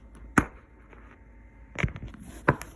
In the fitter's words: right you heard it pop and i said two hands you're also going to need two hands one hand